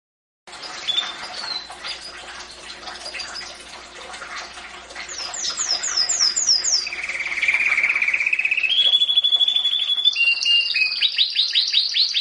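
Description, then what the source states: Domestic canary song beginning softly with scattered notes, then rapid downslurred chips, a low buzzy roll and bright repeated sweeping trills growing louder. Champion singing domestic canary.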